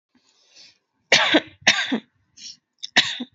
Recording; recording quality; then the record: heavy voluntary cough; excellent, no background noise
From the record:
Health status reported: healthy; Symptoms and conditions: none ticked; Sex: female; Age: 26 years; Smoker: not ticked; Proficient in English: yes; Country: India